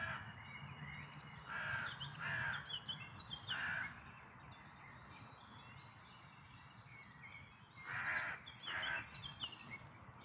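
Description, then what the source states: Birds calling at dawn: about five harsh cawing calls in two bursts, with thin high chirps from other birds behind and a steady low rumble. Dawn chorus, May 2026.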